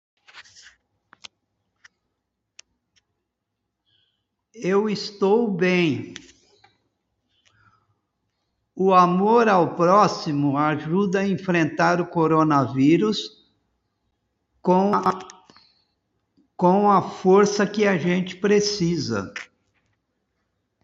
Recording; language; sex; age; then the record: spoken sentence; Brazilian Portuguese; male; 60 to 69 years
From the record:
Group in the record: control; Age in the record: 65 years